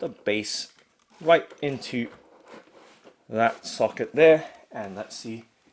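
Someone talks while handling the plastic base of a Dell 27 SE2719HR monitor stand, lining it up to push into the socket at the bottom of the stand arm. Nothing has seated or clicked yet.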